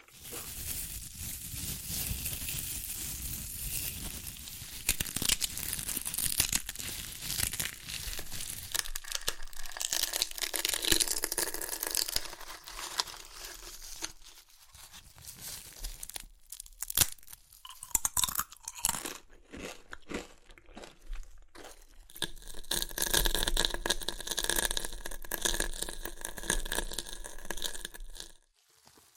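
Crunchy chips being crushed and crinkled, a dense, continuous crackling that runs through most of the clip. Around the middle it breaks into sharper separate snaps with brief pauses, then thickens again into steady bright crunching before stopping abruptly just before the end.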